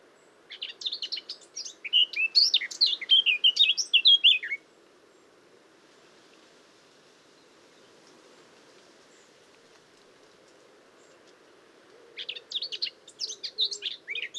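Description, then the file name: Eurasian blackcap delivers a loud four-second burst of rich, fast warbling, falls silent for about seven seconds, then begins another scratchy warbled phrase. "Sylvia atricapilla"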